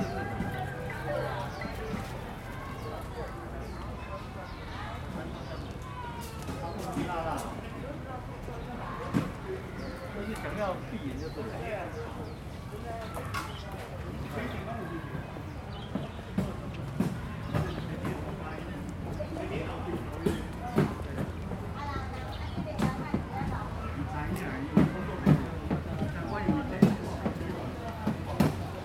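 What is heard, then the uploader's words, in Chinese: A park at dusk, with people's voices chattering throughout and birds calling from the trees overhead. A low, steady hum of traffic from the surrounding streets sits underneath, while sharp clicks and taps grow more frequent in the last ten seconds. 傍晚，樹德公園和它的週邊。隨著四週放學和下班車聲一同響起的，不只公園裡的人聲，也有樹上回巢的鳥們。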